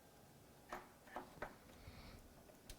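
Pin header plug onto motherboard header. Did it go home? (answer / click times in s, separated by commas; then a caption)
no / none. A multi-pin plug is lined up with the header pins on a Gigabyte Z390 Aorus Pro WIFI motherboard and pushed down. A few faint, short ticks and taps sound at about 0.7, 1.2, 1.4 and 2.7 seconds over a low background hiss. The plug does not click into place, though it ends up plugged in.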